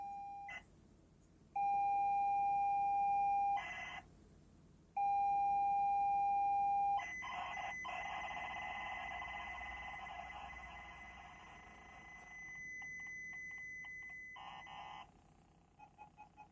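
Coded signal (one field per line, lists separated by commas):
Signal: ZX Spectrum tape loading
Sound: two steady high-pitched lead tones, then a long harsh buzzing data screech ending in clicks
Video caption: it actually work, that's the thing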